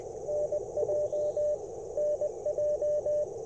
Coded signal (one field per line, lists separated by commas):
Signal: Morse code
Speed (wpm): 22 wpm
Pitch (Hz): 600 Hz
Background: none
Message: NJ NJ